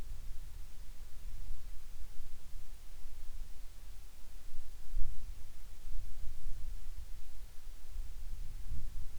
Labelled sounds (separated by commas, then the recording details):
wind
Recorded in the Arctic National Wildlife Refuge, Alaska, on 10 July 2019 at 18:56
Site 44